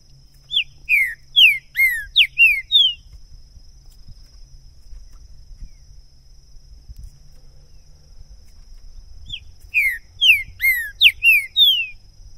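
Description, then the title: Green-winged saltator singing clear whistled phrases of five or six falling, slurred notes, repeated after a long pause, over a constant high-pitched drone. Two birds taken into the woods in 2022, calling, singing and showing male display in a contest; recording used to warm up a bird and open its song for singing competition. "ESQUENTAR Seu TRINCA Piando, Cantando E Macheando Na DISPUTA. LEVEI 2 TRINCA FERRO NO MATO!! ABRIR O CANTO DO TRINCA FERRO!! 2022!"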